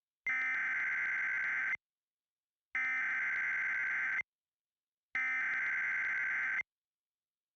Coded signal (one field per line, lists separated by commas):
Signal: Emergency Alert System (SAME) tones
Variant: header bursts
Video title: EAS Scenario Special - Lamia Of Evil